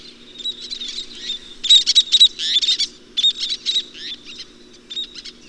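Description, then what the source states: Least tern calls: rapid bursts of harsh, buzzy high notes in quick clusters, pausing briefly between runs, over a low steady hum. Puerto Rico; grinding 'zwreep' call given when disturbed at nesting colonies.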